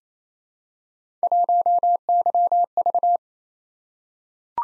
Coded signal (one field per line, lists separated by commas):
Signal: Morse code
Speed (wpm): 27 wpm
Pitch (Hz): 700 Hz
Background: none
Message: 1YV